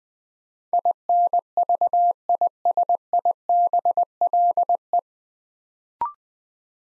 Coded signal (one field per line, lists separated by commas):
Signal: Morse code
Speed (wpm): 20 wpm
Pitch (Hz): 700 Hz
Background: none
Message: INVISIBLE